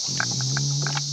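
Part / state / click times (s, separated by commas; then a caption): wiring harness connector into the back of a car stereo head unit / not seated / none. A wiring harness plug is pushed into the back of an Eonon Android car stereo head unit being installed in a RAM 2500. Over a steady low hum and bright hiss, there are only soft, muffled knocks and rustles, including a brief bump at 0.2 s. The connector fails to click and nothing has seated yet.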